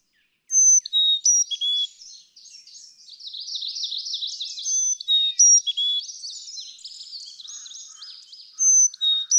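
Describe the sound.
Carolina chickadee song, clear whistled notes dropping from high to low, repeated several times amid buzzy, scratchy high chatter.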